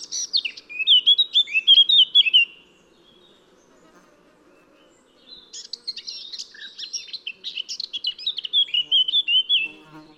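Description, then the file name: Eurasian blackcap singing two phrases, each a rapid scratchy warble ending in louder, clear fluty notes, separated by a pause of nearly three seconds; soft low background hum. "Sylvia atricapilla"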